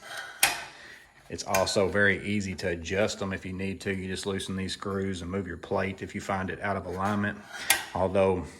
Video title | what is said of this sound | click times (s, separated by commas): Milwaukee M18 Fuel 7 1/4" Miter Saw - Features I Like, and My First Time Using It #milwaukee #tools | the detents on this are really good they lock into place well | 0.4 s